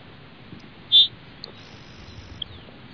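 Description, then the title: Grassland Sparrow call: one short, high, thin note near the one-second mark, standing alone over a quiet, faintly hissing background. "LuckyPassaro Completos2Sama. Grassland Sparrow (Ammodramus humeralis)"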